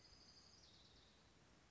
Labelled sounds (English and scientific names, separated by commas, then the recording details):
Orange-crowned Warbler (Leiothlypis celata)
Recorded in Sonoma County, California